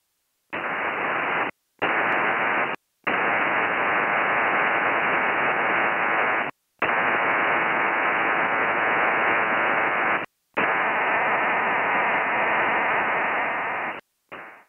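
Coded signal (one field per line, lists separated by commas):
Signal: HF data modem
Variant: PACTOR 4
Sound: dense hissing data bursts filling the voice band, broken by brief silent gaps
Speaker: Now, listen as the connection is initially made and look at the received signal bandwidth. Once a connection is made and negotiated, you can see it switches to PACTOR 4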